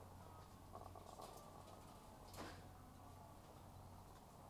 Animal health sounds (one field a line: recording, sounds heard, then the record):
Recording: poultry house recording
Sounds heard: sick chickens (respiratory disease)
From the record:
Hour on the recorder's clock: 12